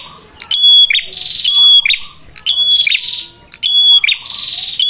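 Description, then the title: Prinia giving repeated high, sharp calls with a level whistled tone, bursts roughly every second, with quieter lower notes between. Lure recording (pancingan) for attracting and training birds (pikat, masteran); red-headed prenjak described as gacor, a vigorous caller. "Masteran Duet Cililin Vs Kapas Tembak. Pancingan Prenjak Kepala Merah Gacor [ Sangat Cocok banget Untuk Pikat dan Masteran ]"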